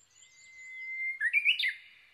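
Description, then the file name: Japanese bush warbler song: a thin level whistle held for over a second, then a bright rapid flourish of rising and falling notes. Recorded on 22 May 2011 at 05:43. "uguisu-20110522-0543"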